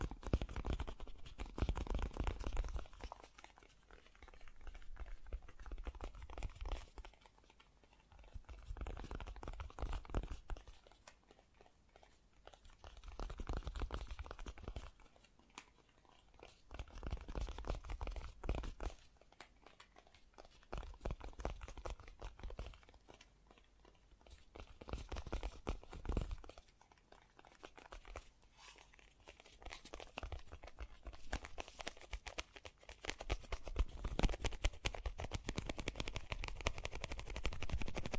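Fast, gentle tapping comes in bursts of a few seconds each, separated by short quiet gaps, about every five seconds. The taps are dense and quick, with a soft, dry, slightly crinkly texture and a low thump underneath.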